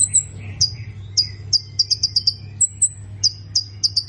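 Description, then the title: Plain prinia: spaced clusters of sharp chirps and occasional thin high notes, less regular than a steady series, over a low hum. "Ciblek Sawah"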